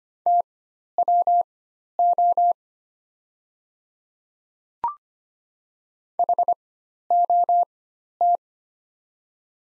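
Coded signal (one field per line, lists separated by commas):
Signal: Morse code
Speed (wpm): 25 wpm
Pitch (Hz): 700 Hz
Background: none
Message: TWO HOT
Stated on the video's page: Morse practice set of the top 100 words at 25 wpm with Farnsworth timing at four-times character spacing.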